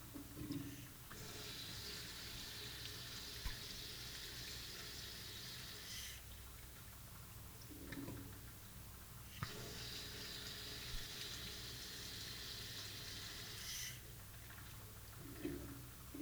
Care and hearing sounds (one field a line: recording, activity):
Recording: daily activity, guitar pickup as the sensor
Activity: flush